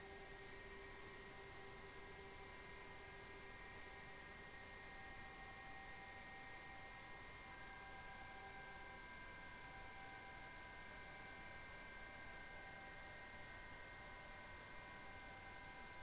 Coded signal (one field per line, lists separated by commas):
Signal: PSK31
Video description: 7037 kHz 2019 Digimode PSK31 DC4OH and UA3PI.